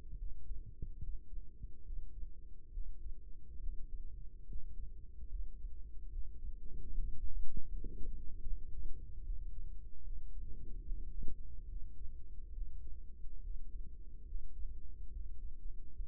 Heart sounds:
heart sounds by microphone in the right ear; 72 bpm
0.16 s: heartbeat
0.99 s: heartbeat
1.82 s: heartbeat
2.70 s: heartbeat
3.59 s: heartbeat
4.45 s: heartbeat
5.27 s: heartbeat
6.09 s: heartbeat
6.89 s: heartbeat
7.67 s: heartbeat
8.44 s: heartbeat
9.22 s: heartbeat
10.02 s: heartbeat
10.83 s: heartbeat
11.66 s: heartbeat
12.51 s: heartbeat
13.40 s: heartbeat
14.24 s: heartbeat
15.10 s: heartbeat
15.93 s: heartbeat
From the record:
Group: healthy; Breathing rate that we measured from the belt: 18 breaths a minute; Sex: male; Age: 35 years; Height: 178 cm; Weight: 64 kg

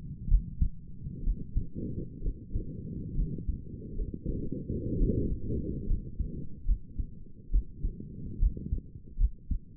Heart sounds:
heart sounds by stethoscope; 67 bpm
0.28 s: heartbeat
1.23 s: heartbeat
2.22 s: heartbeat
3.15 s: heartbeat
3.96 s: heartbeat
4.97 s: heartbeat
5.87 s: heartbeat
6.66 s: heartbeat
7.51 s: heartbeat
8.39 s: heartbeat
9.18 s: heartbeat
From the record:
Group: healthy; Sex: female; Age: 28 years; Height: 170 cm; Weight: 77 kg

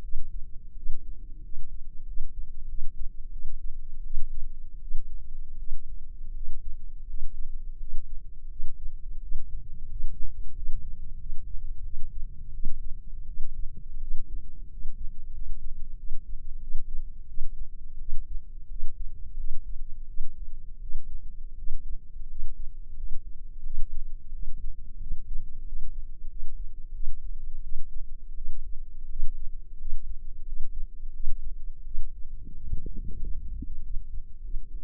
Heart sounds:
heart sounds by microphone in the left ear; 87 bpm
0.73 s: heartbeat
1.40 s: heartbeat
2.04 s: heartbeat
2.65 s: heartbeat
3.29 s: heartbeat
4.02 s: heartbeat
4.78 s: heartbeat
5.56 s: heartbeat
6.32 s: heartbeat
7.05 s: heartbeat
7.77 s: heartbeat
8.47 s: heartbeat
9.19 s: heartbeat
9.87 s: heartbeat
10.53 s: heartbeat
11.17 s: heartbeat
11.82 s: heartbeat
12.51 s: heartbeat
13.25 s: heartbeat
13.98 s: heartbeat
14.67 s: heartbeat
15.31 s: heartbeat
15.95 s: heartbeat
16.59 s: heartbeat
17.26 s: heartbeat
17.97 s: heartbeat
18.67 s: heartbeat
19.35 s: heartbeat
20.05 s: heartbeat
20.79 s: heartbeat
21.55 s: heartbeat
22.26 s: heartbeat
22.93 s: heartbeat
23.61 s: heartbeat
24.30 s: heartbeat
24.98 s: heartbeat
25.64 s: heartbeat
26.27 s: heartbeat
26.91 s: heartbeat
27.61 s: heartbeat
28.34 s: heartbeat
29.06 s: heartbeat
29.77 s: heartbeat
30.43 s: heartbeat
31.11 s: heartbeat
31.82 s: heartbeat
32.51 s: heartbeat
33.18 s: heartbeat
33.80 s: heartbeat
34.40 s: heartbeat
From the record:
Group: healthy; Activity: cold pressor test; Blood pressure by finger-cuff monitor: 117/75 mmHg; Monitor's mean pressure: 94 mmHg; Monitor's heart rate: 87 bpm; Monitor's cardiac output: 7.1 L/min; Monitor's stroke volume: 83 mL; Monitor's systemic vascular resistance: 960 dyn s/cm5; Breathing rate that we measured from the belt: 15 breaths a minute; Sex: female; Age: 24 years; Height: 163 cm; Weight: 55.7 kg

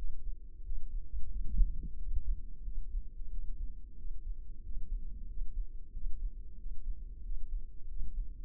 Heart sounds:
heart sounds by microphone in the left ear; 91 bpm
0.65 s: heartbeat
1.31 s: heartbeat
1.99 s: heartbeat
2.65 s: heartbeat
3.31 s: heartbeat
3.98 s: heartbeat
4.64 s: heartbeat
5.29 s: heartbeat
5.94 s: heartbeat
6.59 s: heartbeat
7.24 s: heartbeat
7.89 s: heartbeat
From the record:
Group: healthy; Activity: rest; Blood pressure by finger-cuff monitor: 137/87 mmHg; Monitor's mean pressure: 103 mmHg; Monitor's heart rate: 91 bpm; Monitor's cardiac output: 7.3 L/min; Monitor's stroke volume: 81 mL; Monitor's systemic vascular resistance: 1050 dyn s/cm5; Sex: male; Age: 21 years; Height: 175 cm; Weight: 72.6 kg

